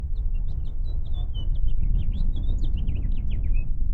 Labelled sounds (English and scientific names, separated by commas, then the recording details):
House Finch (Haemorhous mexicanus) song
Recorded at Lawrence on Long Island, New York, on 4 June 1975
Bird C